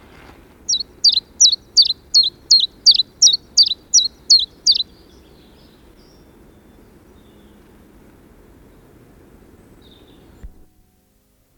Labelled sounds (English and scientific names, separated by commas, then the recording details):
Common Chiffchaff (Phylloscopus collybita) song
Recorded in the wild
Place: Bicaz, Moldova, RO
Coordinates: 46.91, 26.085
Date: 1973-04-19
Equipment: Nagra III BH, Sennheiser MD 21, parabola
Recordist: Schubert, Michael
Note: Gesang Zilpzalp